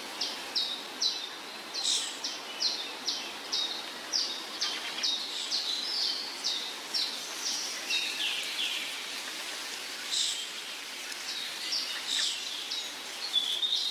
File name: Sons d oiseaux - Trilles et chants du matin